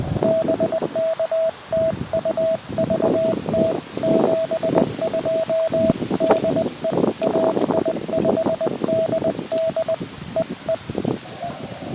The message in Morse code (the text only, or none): BK TU VT 72 DE AI5DD EE